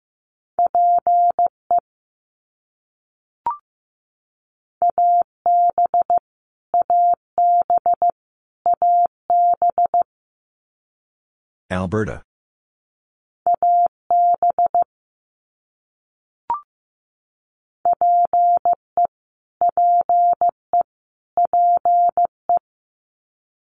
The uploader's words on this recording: Canadian Provinces and Territories - Repeated 3x - 15wpm. First, it is sent 3x in Morse code. Then it is spoken.